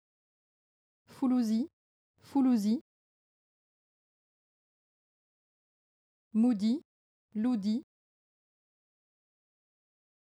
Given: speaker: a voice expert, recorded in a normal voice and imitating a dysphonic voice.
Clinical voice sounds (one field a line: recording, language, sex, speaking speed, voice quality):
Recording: pseudo-word pairs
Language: French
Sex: female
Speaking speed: fast speed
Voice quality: normal voice